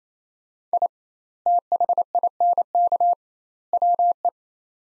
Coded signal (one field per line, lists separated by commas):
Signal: Morse code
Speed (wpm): 27 wpm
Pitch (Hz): 700 Hz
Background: none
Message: I THINK WE